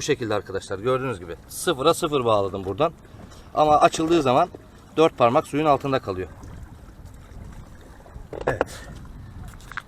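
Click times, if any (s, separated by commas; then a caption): 8.6 s. A fish finder transducer bracket is brought up to the mount on a boat's transom and pressed so its pin enters the hole and seats, with a sharp click at 8.6 s. Someone talks through the first six seconds, and quiet ticks follow near 9.7 and 9.8 s.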